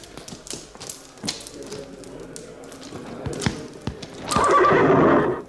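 Hooves clop in an uneven, steady patter of sharp knocks, then a horse lets out a loud, shaky whinny that rises and trembles for about a second before cutting off.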